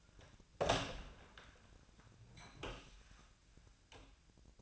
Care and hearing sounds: daily activity, microphone in the room; open door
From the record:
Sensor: 2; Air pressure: 1009.1 hPa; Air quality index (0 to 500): 186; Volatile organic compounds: 3 ppm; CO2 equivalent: 1350 ppm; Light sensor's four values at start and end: 30/80/34/36 and 30/80/34/36

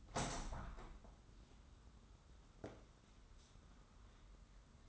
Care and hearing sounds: daily activity, microphone in the room; open window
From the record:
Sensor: 3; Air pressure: 994.4 hPa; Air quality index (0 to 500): 206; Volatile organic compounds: 1000 ppm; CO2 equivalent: 6896 ppm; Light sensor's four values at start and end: 90/216/86/79 and 101/238/96/89

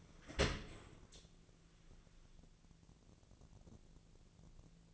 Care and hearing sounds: daily activity, microphone in the room; open dishwasher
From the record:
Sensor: 4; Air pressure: 1001.3 hPa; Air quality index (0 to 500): 182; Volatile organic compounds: 2 ppm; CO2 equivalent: 1301 ppm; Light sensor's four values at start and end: 12/27/11/11 and 12/27/11/11

